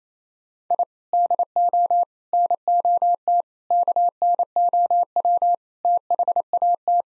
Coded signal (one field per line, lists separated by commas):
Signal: Morse code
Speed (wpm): 27 wpm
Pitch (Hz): 700 Hz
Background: none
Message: I DO NOT KNOW THAT